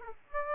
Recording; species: mosquito wingbeat signal from an infrared sensor; Aedes aegypti